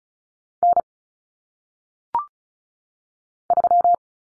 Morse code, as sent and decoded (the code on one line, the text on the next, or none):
-. / ...--
N 3